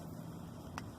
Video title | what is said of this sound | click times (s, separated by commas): Nexgrill Burner Not Working Fix. Model # 720-0830H | it counterclockwise till it snaps and pops back out | 0.8 s